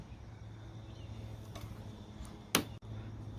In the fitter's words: you push it on far enough until you hear a click.